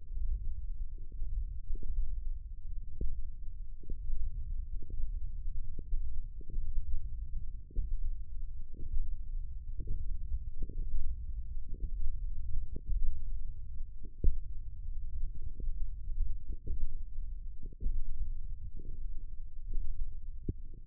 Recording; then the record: forearm muscle sounds (acoustic myography)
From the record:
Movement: finger pinch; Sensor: system 1, eight BSWA MPA416 microphones around the upper forearm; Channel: 6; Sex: male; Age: 20 years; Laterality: left